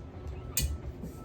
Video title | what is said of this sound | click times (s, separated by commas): How to Install New Wiper Blades on a 2014 Honda CR-V #wipers #honda #crv #howto | till it clicks | 0.6 s